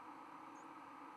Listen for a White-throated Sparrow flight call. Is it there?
no